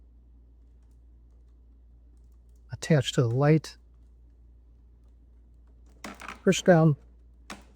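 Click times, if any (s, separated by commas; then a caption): 7.5 s. Someone talks as the plastic attachment on the last LED tube, on the side with the pins, is pushed down onto the plastic light arm of a Hydro Tower Model X hydroponic tower. A single sharp click at 7.5 s marks the attachment snapping into place, seated.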